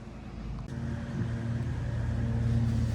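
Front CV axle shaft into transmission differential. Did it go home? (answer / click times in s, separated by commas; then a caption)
no / none. A new front CV axle shaft for a 2012–2015 9th-generation Honda Civic has its inner spline pushed into position at the transmission differential, as far as it can go, before being struck home. A low rumbling hum runs throughout, with a brief sharp sound at 0.6 s. Nothing has seated or clicked yet.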